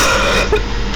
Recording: coughing mixed with background sound